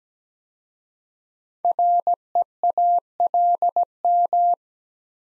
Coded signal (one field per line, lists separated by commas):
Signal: Morse code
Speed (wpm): 17 wpm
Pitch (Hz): 700 Hz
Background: none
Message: REALM